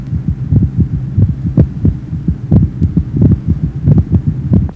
Age 20, four normal heart sounds, mitral area.